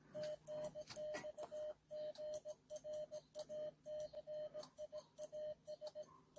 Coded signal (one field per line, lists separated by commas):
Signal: Morse code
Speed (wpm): 18 wpm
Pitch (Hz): 610 Hz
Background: none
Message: TNX GRACIAS